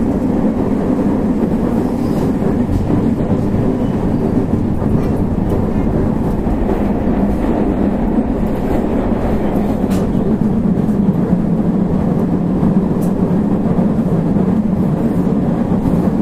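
A 221-series electric train runs with a steady, dense low rumble and droning hum, faint clicks sounding around ten and thirteen seconds.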